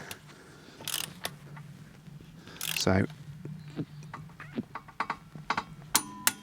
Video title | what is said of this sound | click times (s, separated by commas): Fitting Campervan Winter Tyres & Wheels | do it until it clicks you see i went to the opposite side of that | 5.9 s